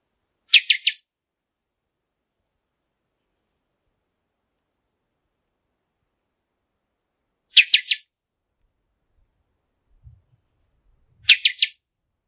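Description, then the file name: Buffy-fronted seedeater singing short buzzy high phrases of four rapid notes, given three times with long silent gaps; faint low thumps near the end. "Canto-do-Pixoxó"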